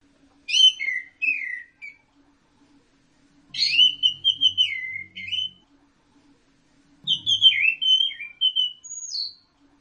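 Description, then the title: Orange-headed thrush singing three separate varied phrases of whistled notes mixed with scratchy chatter, with pauses between them. "Burung Anis Merah"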